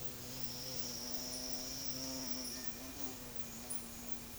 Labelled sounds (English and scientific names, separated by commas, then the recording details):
none
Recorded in secondary vegetation near Puerto Asís, Putumayo, Colombia, on 20 February 2024 at 10:00
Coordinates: 0.472, -76.331
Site G6371